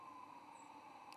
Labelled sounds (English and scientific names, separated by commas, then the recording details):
White-throated Sparrow (Zonotrichia albicollis) flight call
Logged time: 05:51 on 24 November 2014